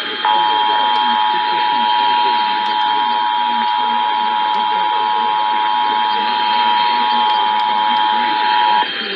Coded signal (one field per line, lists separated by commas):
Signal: Emergency Alert System (SAME) tones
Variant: 853 and 960 Hz attention tone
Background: speech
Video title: Los Angeles Required Monthly Tests (EAS #1146-1169) 6/25/19